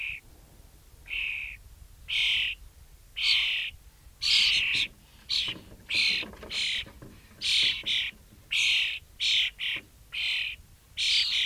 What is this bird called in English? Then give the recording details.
European Starling. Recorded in the wild. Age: diverse. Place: Pevestorf (Höhbeck), Niedersachsen, DE. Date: 1968-06-02. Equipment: Halbspur, 9,5 cm/s. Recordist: Lütgens, Hans. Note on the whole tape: Altvogel fliegt vorbei